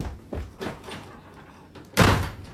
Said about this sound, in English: I wish you wouldn't slam the door like that.